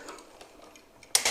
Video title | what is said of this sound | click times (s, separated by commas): Bruder JCB 5CX Eco kepçe yedek parça (spare part) değiştirme - arka kepçe (Backhoe Loader) montajı | bakışım ve bu kısımda kilitlendi A evet bu parçamızı da taktık | 1.2 s